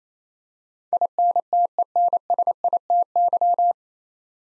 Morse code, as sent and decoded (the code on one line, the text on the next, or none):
.. -. - . -. ... .. - -.--
INTENSITY